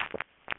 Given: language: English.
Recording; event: throat vibration sensor signal played as sound; swallow